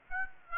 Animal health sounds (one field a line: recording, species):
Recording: mosquito wingbeat signal from an infrared sensor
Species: Aedes aegypti